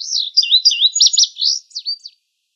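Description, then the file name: Indigo bunting song, a bright high series of paired, sweet notes lasting about two seconds; no other sounds. Recorded in Arizona, 18 May 2002. "INBU 4 Deviche"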